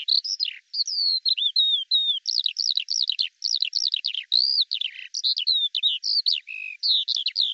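Eurasian skylark giving a lively outpouring of song: high slurred whistles alternating with rapid buzzy note clusters, steady and continuous.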